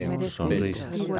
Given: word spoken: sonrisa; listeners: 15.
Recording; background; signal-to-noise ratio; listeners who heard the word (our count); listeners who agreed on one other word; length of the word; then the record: one Spanish word in noise, from a listening test; four-talker babble; -2.7 dB; 1 of 15; 13 of 15; 0.80 s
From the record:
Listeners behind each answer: 13, 1, 1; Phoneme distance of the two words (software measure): 7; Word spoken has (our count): 3 syllables, 7 phonemes, stress on syllable 2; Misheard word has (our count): 3 syllables, 8 phonemes, stress on syllable 2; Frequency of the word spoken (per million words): 53.74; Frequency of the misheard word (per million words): 6.83